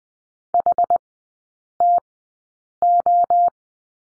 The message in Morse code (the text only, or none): HTO